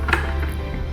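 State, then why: Seated. A plastic visor on an SMK Titan Arok motorcycle helmet is set at the top angle during a visor change, the lever is pushed down, and the visor is pressed into the helmet's side plate. A short, sharp click at 0.1 s marks the visor locking into the side mechanism, and it is seated.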